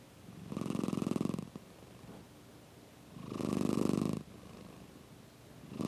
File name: Purring Cat